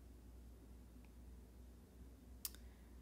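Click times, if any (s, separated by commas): 2.5 s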